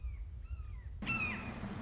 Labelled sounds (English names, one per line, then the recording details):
Red-shouldered Hawk
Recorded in Sonoma County, California